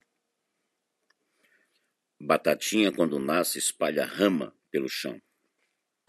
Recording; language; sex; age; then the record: short text; Brazilian Portuguese; male; 50 to 59 years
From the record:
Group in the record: control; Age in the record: 56 years